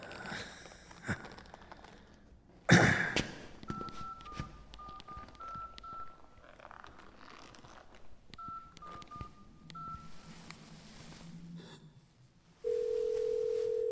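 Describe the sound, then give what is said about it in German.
A mobile phone is dialed: a sharp beep, then two quick runs of short electronic keypad tones, followed by a steady, unbroken ringing tone that holds on until the end. “Ich rufe an! Ich rufe ja an!”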